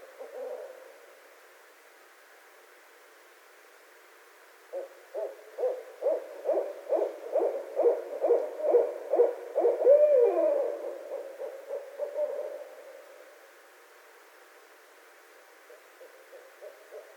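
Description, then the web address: Barred owl call, a brief hoot, then a quick rhythmic series of hoots building in loudness to a slurred, drawn-out note and fading away. Recorded 12 February 2012. "Barred Owl 2012 02 12 Barred Owl"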